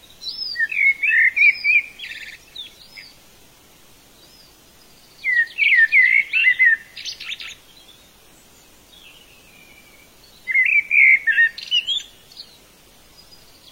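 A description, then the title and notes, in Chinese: A bird sings outdoors on a summer day, repeating a bright, twittering phrase of quick chirps and trills three times, near the start, the middle and the end, each lasting two to three seconds. Between phrases only a faint, soft hiss remains. 风吹麦浪 夏日鸟鸣。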